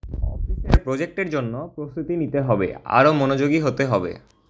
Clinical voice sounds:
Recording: elicited speech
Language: Bengali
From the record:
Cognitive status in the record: cognitively healthy

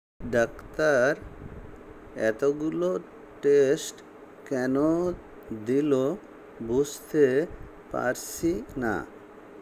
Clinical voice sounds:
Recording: elicited speech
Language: Bengali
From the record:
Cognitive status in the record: dementia

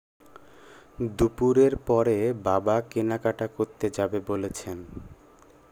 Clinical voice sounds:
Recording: elicited speech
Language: Bengali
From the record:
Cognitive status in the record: cognitively healthy

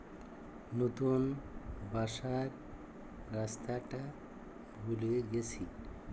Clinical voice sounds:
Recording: elicited speech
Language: Bengali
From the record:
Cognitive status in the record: dementia

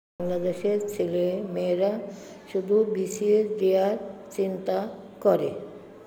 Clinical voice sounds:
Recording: elicited speech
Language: Bengali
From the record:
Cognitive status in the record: dementia

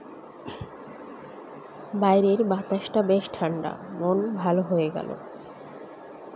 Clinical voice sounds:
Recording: elicited speech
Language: Bengali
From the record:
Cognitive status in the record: cognitively healthy

